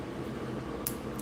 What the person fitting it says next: That one popped right in.